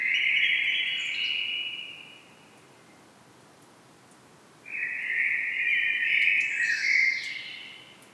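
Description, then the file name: Common blackbird singing two fluty, warbled phrases, the second ending in a higher twittering flourish, with a pause of a few seconds between them. "Turdus merula"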